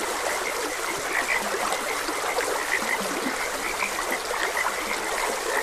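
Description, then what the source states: Frogs give clear chirping croaks repeatedly, with deeper croaks between, over the constant sound of a flowing stream. Frogs croaking beside a gentle stream.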